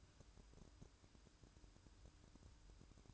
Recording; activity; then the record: daily activity, microphone in the room; take from stove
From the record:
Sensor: 2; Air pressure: 1007.8 hPa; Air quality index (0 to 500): 102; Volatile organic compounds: 1 ppm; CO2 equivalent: 770 ppm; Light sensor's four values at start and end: 6/15/6/6 and 6/15/6/6